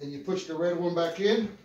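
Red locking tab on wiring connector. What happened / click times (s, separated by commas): Handled, no seating click yet / none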